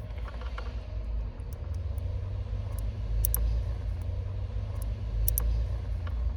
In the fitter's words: Il s'est pas bien clipsé, voilà.